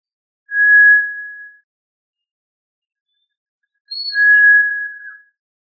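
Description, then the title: Tinamou giving two sustained, even whistled notes at the same pitch, with a brief higher note at the start of the second, which ends with a slight wavering drop. "Familia Tinamidae - Quail - Puyuh"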